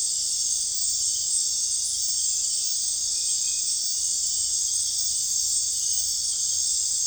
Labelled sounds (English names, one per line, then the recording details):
none
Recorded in secondary vegetation near Puerto Asís, Putumayo, Colombia, on 21 December 2024 at 19:00
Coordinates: 0.484, -76.319
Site GP06